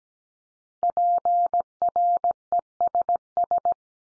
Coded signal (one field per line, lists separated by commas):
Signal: Morse code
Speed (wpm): 17 wpm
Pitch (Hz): 700 Hz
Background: none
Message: PRESS